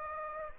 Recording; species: mosquito wingbeat signal from an infrared sensor; Anopheles gambiae